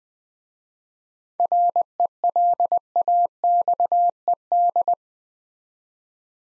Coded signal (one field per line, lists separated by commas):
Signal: Morse code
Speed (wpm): 20 wpm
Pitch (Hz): 700 Hz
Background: none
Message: RELAXED